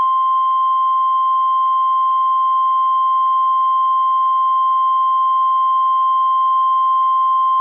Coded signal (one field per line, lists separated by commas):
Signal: Emergency Alert System (SAME) tones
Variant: 1050 Hz attention tone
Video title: EAS Scenario- Supervillain Catastrophe: Part 4! Unusual Invasion